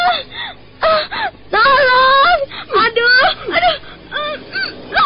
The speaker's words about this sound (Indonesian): Sementara istri Kilat Bahu masih terus berteriak-teriak, semakin lama semakin kencang.